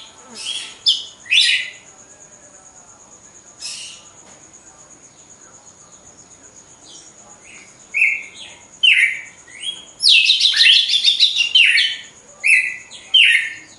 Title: Canto Galo Campina Fêmea 02. GALO DE CAMPINA DEPOIS DA MUDA (disputa)